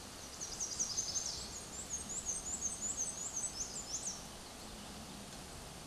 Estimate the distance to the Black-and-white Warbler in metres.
about 30 m